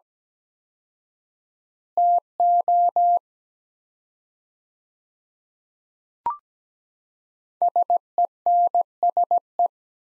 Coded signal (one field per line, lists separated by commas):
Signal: Morse code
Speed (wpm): 17 wpm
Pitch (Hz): 700 Hz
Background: none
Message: TO SENSE